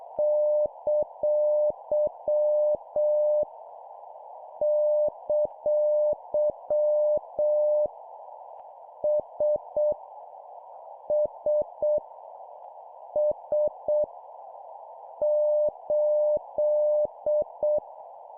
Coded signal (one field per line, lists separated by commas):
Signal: Morse code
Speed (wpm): 7 wpm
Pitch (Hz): 600 Hz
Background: none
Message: ! ! S S S 8